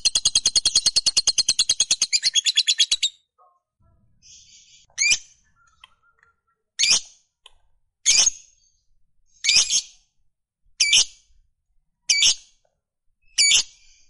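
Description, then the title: Lovebird chattering fast and high for three seconds, then a run of sharp, scratchy single calls repeated about every one and a half seconds. Fighter-type lovebird giving long chatter (ngekek panjang). "Suara Lovebird FIGHTER NGEKEK PANJANG"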